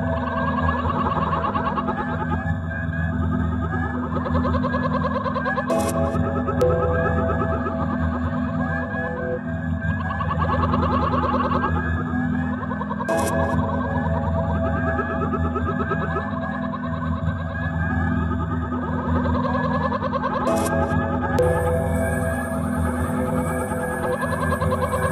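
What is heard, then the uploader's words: Looped, processed frog song forms a dense, steady drone of low hum and chirping tones, repeating every seven seconds with bright clicks. Frogs singing through the night - looped and treated and tuned and treated and looped. Spring peepers reimagined by Alex Vlad.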